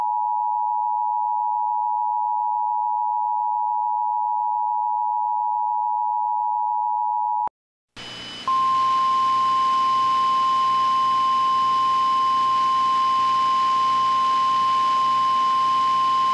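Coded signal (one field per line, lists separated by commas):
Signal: Emergency Alert System (SAME) tones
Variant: 853 and 960 Hz attention tone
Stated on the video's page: Recreation of a 2011 Oregon tsunami alert, not the original broadcast.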